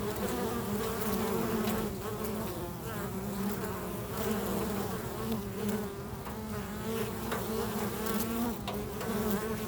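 Bees buzzing, a dense steady drone of many wings with shifting overlapping hums throughout, plus faint brief clicks.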